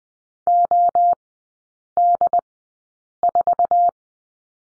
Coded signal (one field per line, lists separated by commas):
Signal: Morse code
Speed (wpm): 20 wpm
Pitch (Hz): 700 Hz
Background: none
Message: OD4